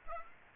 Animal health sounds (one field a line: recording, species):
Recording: mosquito wingbeat signal from an infrared sensor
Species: Aedes aegypti